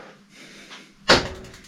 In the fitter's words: Un petit coup sec, elle se clipse bien. Nickel.